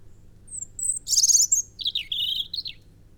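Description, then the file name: European robin song, a high thin whistle leading into a dense twittering burst, then a lower liquid warbled phrase, with quiet background hum. "Erithacus rubecula"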